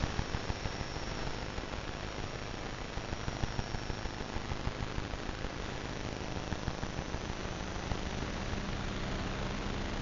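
Electromagnetic interference rendered as sound: a dense, steady hiss with a rough crackling texture, small clicks scattered throughout, and a faint high whine.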